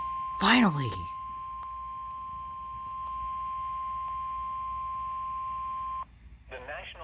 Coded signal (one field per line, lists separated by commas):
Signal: Emergency Alert System (SAME) tones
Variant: 1050 Hz attention tone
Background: speech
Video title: SEVERE THUNDERSTORM WARNING... KNEW IT. Possible Supercell pt. 2(EAS#2)